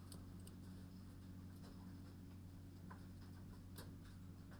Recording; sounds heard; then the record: poultry house recording; no chicken sound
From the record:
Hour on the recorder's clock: 22